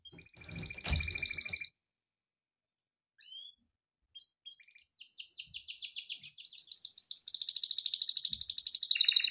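Canary song: a brief burst with a dull thump, a pause of scattered high chips, then fast, high-pitched rolling trills that grow louder and continue to the end.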